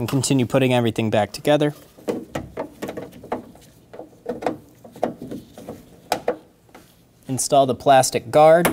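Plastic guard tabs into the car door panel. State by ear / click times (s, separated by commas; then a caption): not seated / none. A plastic guard is handled and fitted to the inside of a car door panel on a 2003–2008 Subaru Forester during front power window motor and regulator reassembly. Someone talks at the start and end, with a series of short, sharp clicks and knocks from about 2 to 6.3 seconds. The guard's tabs have not snapped into place yet.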